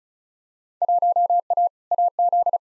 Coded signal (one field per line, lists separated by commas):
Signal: Morse code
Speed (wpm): 34 wpm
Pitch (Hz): 700 Hz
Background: none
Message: 1A AZ